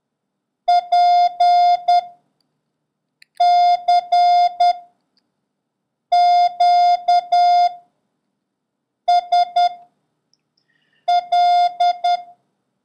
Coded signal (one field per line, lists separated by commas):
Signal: Morse code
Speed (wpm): 10 wpm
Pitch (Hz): 710 Hz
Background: none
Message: P C Q S L